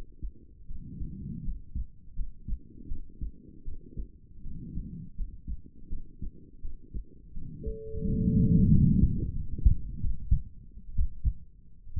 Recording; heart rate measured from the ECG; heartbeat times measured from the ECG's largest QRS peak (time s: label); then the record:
heart sounds by stethoscope; 80 bpm
0.66 s: heartbeat
1.42 s: heartbeat
2.14 s: heartbeat
2.87 s: heartbeat
3.63 s: heartbeat
4.41 s: heartbeat
5.15 s: heartbeat
5.88 s: heartbeat
6.60 s: heartbeat
7.32 s: heartbeat
8.02 s: heartbeat
8.69 s: heartbeat
9.33 s: heartbeat
10.00 s: heartbeat
10.94 s: heartbeat
11.92 s: heartbeat
From the record:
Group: healthy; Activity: rest 0-7 s, Valsalva maneuver 7-12 s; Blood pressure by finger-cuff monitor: 110/62 mmHg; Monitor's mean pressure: 79 mmHg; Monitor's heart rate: 80 bpm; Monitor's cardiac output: 7.7 L/min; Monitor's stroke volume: 94 mL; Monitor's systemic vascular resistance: 750 dyn s/cm5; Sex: female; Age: 23 years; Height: 160 cm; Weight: 50.4 kg